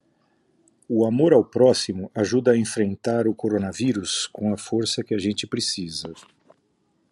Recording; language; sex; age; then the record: spoken sentence; Brazilian Portuguese; male; 60 to 69 years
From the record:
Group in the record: control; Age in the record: 60 years